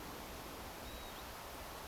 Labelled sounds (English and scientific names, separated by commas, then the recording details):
Northern Lapwing (Vanellus vanellus)
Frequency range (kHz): Northern Lapwing (Vanellus vanellus) 2.8-4.4 kHz
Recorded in France